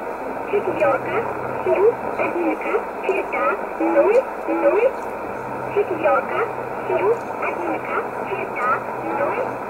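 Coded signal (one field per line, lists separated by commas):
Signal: numbers station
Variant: S11a Cherta, Russian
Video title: 29 06 2020 S11a Cherta Numbers station in Russian 0701 on 9339 unknown tx site in USB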